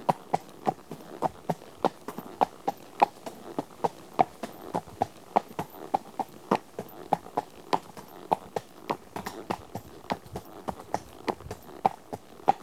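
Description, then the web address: Horse walking with a long run of crisp, evenly spaced hoof clops on hard ground, keeping a steady rhythm the whole time. One horse walking on tarmac. "BBC Sound Effects Library Horses One horse at walk on tarmac"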